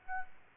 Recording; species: mosquito wingbeat signal from an infrared sensor; Aedes aegypti